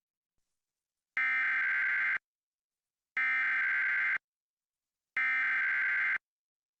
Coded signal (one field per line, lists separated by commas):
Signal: Emergency Alert System (SAME) tones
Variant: header bursts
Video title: EAS HISTORY 2025 - 20 YEARS